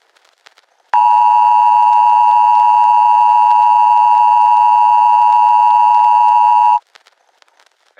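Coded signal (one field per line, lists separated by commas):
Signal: Emergency Alert System (SAME) tones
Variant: 853 and 960 Hz attention tone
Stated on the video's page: Simulated EAS scenario made with CapCut and KineMaster.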